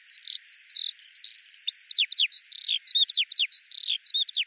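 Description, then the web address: Eurasian skylark song: a hurried, unbroken chatter of high chirps, drawn whistles and sharp descending notes, running steadily from start to finish. "Deverinetal 2025 File cleaned normalized Bird Al Ar"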